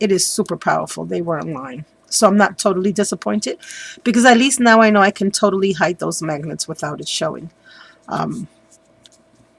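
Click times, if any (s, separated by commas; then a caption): none. Someone talks while handling a handmade paper card whose flap closes with a tiny but strong hidden magnet. A couple of faint soft taps come near the end, around 9.1 seconds. The flap has not snapped shut yet.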